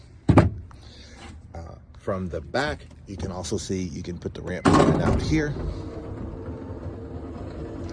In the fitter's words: this clicks back in uh